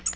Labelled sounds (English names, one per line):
Tennessee Warbler flight call